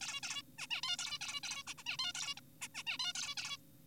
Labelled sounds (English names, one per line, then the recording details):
Zebra Finch
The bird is an adult
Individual g4p5U